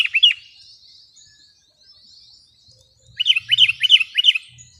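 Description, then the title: Sooty-headed bulbul: a brief phrase at the start, then a run of bubbly notes after three seconds, over a faint high hiss. "kutilang"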